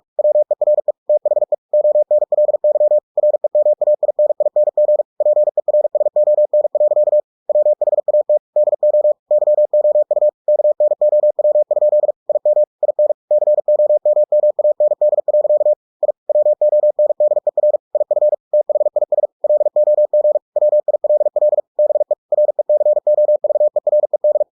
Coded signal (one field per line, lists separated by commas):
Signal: Morse code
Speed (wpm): 46 wpm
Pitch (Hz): 600 Hz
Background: none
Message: WERE THE ONLY REMAINING PERSON. WHAT DO YOU KNOW? IM IN COMMAND. I WONDER IF THIS LOG WILL BE RECOVERED